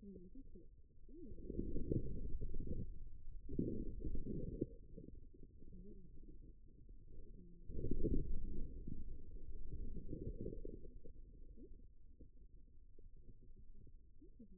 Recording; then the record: forearm muscle sounds (acoustic myography)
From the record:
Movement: inward rotation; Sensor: system 2, bracelet of six BSWA MPA416 microphones around the upper forearm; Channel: 6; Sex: male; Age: 22 years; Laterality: right